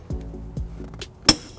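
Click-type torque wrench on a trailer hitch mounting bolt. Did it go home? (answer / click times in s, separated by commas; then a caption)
yes / 1.3 s. A click-type torque wrench tightens a driver-side trailer hitch mounting bolt on a 2017 Toyota Highlander to 76 ft-lb, with low thumps near 0.1 and 0.6 seconds. At 1.3 seconds the wrench breaks over with a sharp metallic click, confirming the bolt has reached its torque setting.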